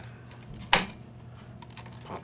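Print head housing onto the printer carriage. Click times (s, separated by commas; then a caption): 0.7 s. A technician wiggles the plastic print head housing of a DTG Viper printer back over its connectors and tubing onto the printer carriage. After a few faint ticks, a sharp, loud click sounds at 0.7 s as the housing pops into place and is seated. A few quieter ticks and a soft rustle follow.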